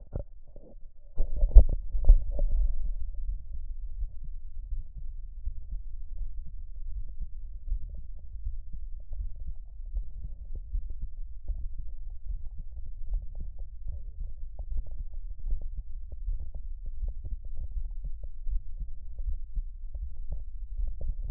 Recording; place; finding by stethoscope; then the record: heart sounds by stethoscope; aortic valve (AV); normal heart sounds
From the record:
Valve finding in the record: sclerotic aortic valve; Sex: female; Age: 27 years